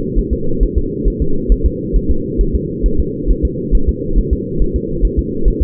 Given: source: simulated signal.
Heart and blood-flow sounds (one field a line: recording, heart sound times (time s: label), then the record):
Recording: fetal heart sounds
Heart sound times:
0.19 s: S1
0.33 s: S2
0.63 s: S1
0.78 s: S2
1.08 s: S1
1.22 s: S2
1.52 s: S1
1.66 s: S2
1.96 s: S1
2.11 s: S2
2.41 s: S1
2.55 s: S2
2.86 s: S1
3.00 s: S2
3.31 s: S1
3.45 s: S2
3.75 s: S1
3.89 s: S2
4.18 s: S1
4.33 s: S2
4.62 s: S1
4.76 s: S2
5.05 s: S1
5.19 s: S2
5.48 s: S1
5.62 s: S2
From the record:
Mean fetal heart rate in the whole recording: 135 bpm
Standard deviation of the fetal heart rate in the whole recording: 3 bpm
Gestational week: 36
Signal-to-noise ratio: -8.1 dB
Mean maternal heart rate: 72 bpm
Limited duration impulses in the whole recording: absent